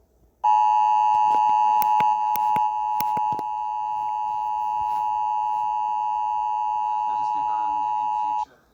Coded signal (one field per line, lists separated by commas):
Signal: Emergency Alert System (SAME) tones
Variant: 853 and 960 Hz attention tone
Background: speech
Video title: EAS Mock #1 - New York and Connecticut Tornado Warning | May 21st, 2018